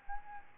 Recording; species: mosquito wingbeat signal from an infrared sensor; Aedes albopictus